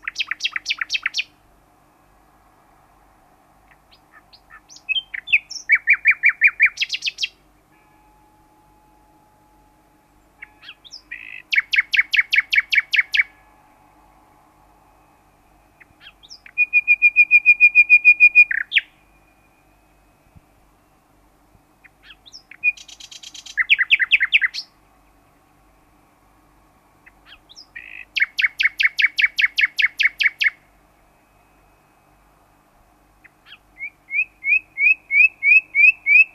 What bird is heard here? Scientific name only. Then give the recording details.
Luscinia megarhynchos. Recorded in the wild. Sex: male. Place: Bopfingen, Baden-Württemberg, DE. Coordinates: 48.8419, 10.3767. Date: 1971-05-13. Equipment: Uher Report 4200, AKG D190C in Doppel-Parabolreflektor. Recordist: Krey, Winfried